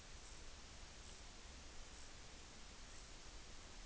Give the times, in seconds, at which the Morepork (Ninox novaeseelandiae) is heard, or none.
none